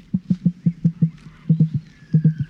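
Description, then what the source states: Emu drumming: deep, low booming pulses in quick runs separated by short pauses, with faint higher sounds behind. Australia; male builds the nest and incubates the eggs for nearly two months, eating and drinking almost nothing; female lays eggs then leaves; drum-like sound.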